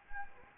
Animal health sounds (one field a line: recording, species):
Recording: mosquito wingbeat signal from an infrared sensor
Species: Anopheles gambiae